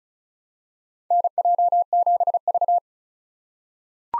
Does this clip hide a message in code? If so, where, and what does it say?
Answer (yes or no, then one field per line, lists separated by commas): yes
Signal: Morse code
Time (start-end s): 1.1-2.8 s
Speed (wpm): 34 wpm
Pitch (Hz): 700 Hz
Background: none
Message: NJ7V